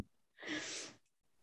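One rough, hissy snoring breath from Maui, a sleeping dog, about half a second long, in a quiet room.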